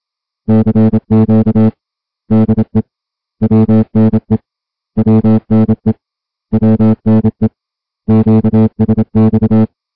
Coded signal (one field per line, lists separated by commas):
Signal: Morse code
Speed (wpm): 27 wpm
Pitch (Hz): 220 Hz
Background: music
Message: CQ DE WNE WNE WNE QSX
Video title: High Seas Weather Broadcast August 8, 2021 WNE 472 kHz